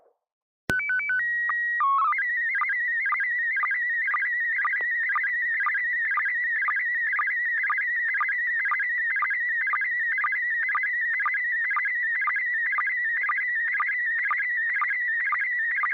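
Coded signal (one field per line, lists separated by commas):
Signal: SSTV (slow-scan television)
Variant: PD 120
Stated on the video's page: SSTV images exchanged during a weekly amateur radio net on an FM repeater at 441.300 MHz, sent with MMSSTV.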